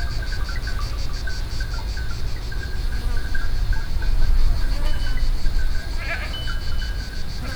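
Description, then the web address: Cicadas and other insects in a steady pulsing chorus, a high rhythmic rasp with a thinner whining tone beneath, over constant low rumbling background noise. Cicadas and other insects, recorded on a goat path in the Greek landscape of Thassos, Greece, in 2016. "gorogtaj thassos 2016 szallasukratartokecskek kabocaesrovarok kecskesut"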